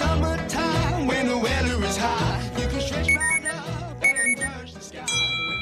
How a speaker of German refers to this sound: Wenn Ihr Smartphone am Strand klingelt, während Sie gerade in der Sonne liegen, dann liegt das möglicherweise an einem echt nervigen Chef oder an Ihrem neuen Badeanzug.